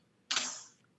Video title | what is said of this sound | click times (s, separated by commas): Chad Allen® (TVchad®) and Tina Jennings present the XL garden kneeler on HSN | you hear that lock it locks into place | 0.3 s